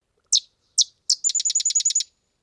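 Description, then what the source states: Sedge wren song: three high separate chips, then a fast dry staccato chatter of several notes, clean with no background sound. Sedge wrens sing twangy tunes; found in pastures, meadows and fields that are sometimes flooded; they winter in Mexico.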